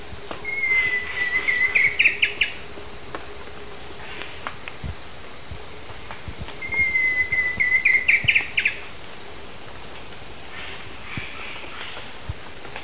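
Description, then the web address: Ocellated woodcreeper song: twice, a clear whistle slides slightly downward, then breaks into a quick run of sharp notes. Each phrase lasts about two seconds, over constant insect hum. Eastern lowlands of South America. "Natures Songs S America Eastern Lowlands. Ocellated Woodcreeper"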